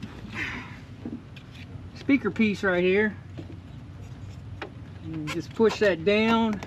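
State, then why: Not seated. Someone talks while handling a plastic speaker trim piece being pushed down into the door panel of a 1997–2001 Toyota Camry (4th gen, XV20), with a few faint taps and a sharper knock at about 4.6 s. The clip ends before the piece goes home; nothing has seated or clicked yet.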